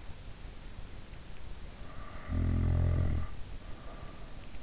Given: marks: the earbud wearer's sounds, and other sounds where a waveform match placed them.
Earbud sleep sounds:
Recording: sounds in sleep by an in-ear microphone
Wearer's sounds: snoring breath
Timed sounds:
1.69-4.38 s: snoring breath

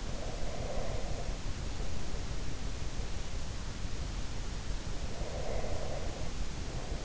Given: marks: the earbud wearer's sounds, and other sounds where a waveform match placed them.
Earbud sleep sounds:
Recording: sounds in sleep by an in-ear microphone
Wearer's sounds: breath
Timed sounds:
0.01-1.43 s: breath
5.05-7.05 s: breath

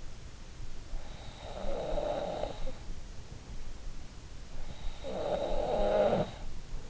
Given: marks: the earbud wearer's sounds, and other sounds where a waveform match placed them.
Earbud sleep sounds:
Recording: sounds in sleep by an in-ear microphone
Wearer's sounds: snoring breath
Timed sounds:
0.96-3.31 s: snoring breath
4.39-6.90 s: snoring breath

